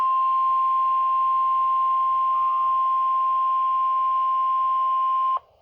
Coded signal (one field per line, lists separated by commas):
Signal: Emergency Alert System (SAME) tones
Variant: 1050 Hz attention tone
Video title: Severe Thunderstorm Warning (EAS #14)